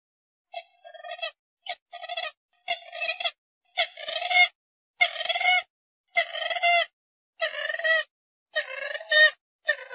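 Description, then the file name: Grey-headed swamphen in a long honking series, harsh cackling notes growing louder and longer, repeated roughly every second throughout. "Tieng trich co"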